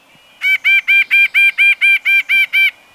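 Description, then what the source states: White-breasted nuthatch giving a rapid, even series of ten nasal, honking notes, with a quiet background. One of the two most common nuthatch species in the United States; its insistent call is said to match its aggressiveness.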